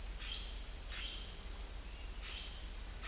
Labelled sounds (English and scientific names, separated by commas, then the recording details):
none
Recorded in dense forest near Puerto Asís, Putumayo, Colombia, on 26 December 2024 at 10:00
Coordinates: 0.484, -76.325
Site G056